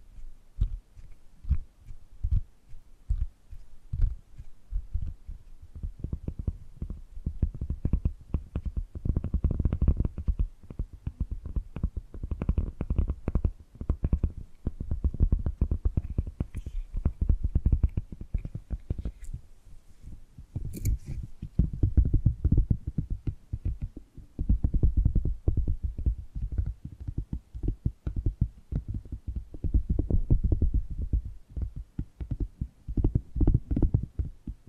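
Dense, irregular tapping and gripping sounds with low thumps, running continuously throughout, with a few sharper bright clicks around twenty seconds.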